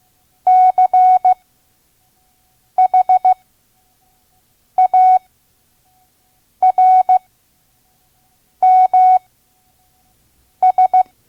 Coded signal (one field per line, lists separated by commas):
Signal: Morse code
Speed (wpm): 15 wpm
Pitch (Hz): 740 Hz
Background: none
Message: CHARMS